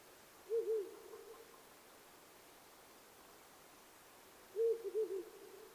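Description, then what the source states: Owl hooting: two low, mellow hoot phrases, each of a few quick notes followed by a trailing tone, about four seconds apart, over a quiet steady hiss. Recorded 9 May 2009 at 19:10.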